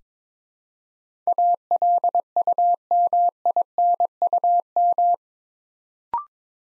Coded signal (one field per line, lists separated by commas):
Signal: Morse code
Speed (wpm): 22 wpm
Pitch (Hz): 700 Hz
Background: none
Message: ALUMINUM